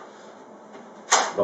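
The window/tile cleaning tool of a JS1600C Power Steamer Sanitizer is pushed onto the steam cleaner's extension wand, a plastic push-fit coupling. Over a steady low background hiss, a single sharp click sounds at 1.1 s as the tool locks into place, followed by a short, duller rattle near the end. The tool is seated on the extension.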